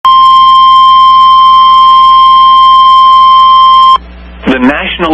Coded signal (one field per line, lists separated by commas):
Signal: Emergency Alert System (SAME) tones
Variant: 1050 Hz attention tone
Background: speech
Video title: SVR In Northeast Oklahoma (North Tulsa Area) EAS #141